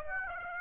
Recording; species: mosquito wingbeat signal from an infrared sensor; Aedes aegypti